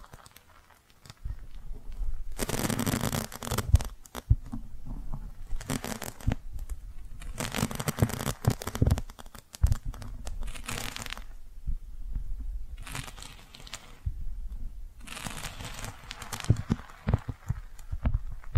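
Soft brushing and squishy, crinkly sounds come in bursts of a second or two, separated by short quieter gaps with occasional taps.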